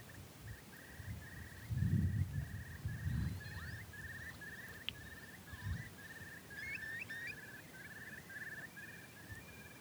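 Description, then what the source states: Eurasian curlew calls, a long run of quick repeated notes at one pitch, with some higher notes and low rumbling. On in-by land of a remote upland farm, Yorkshire Dales, in early spring; the sound heralds winter's end.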